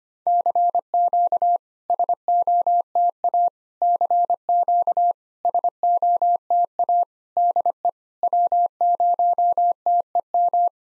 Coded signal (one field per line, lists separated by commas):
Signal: Morse code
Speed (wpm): 25 wpm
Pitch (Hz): 700 Hz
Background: none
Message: CQ SOTA CQ SOTA DE W0TEM